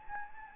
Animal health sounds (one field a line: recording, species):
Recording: mosquito wingbeat signal from an infrared sensor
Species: Anopheles gambiae